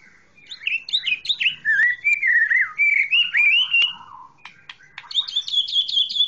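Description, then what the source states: Oriental magpie-robin song: quick chattering notes leading into smooth, wavering whistled phrases, then a fast high twitter at the end. Chirping song.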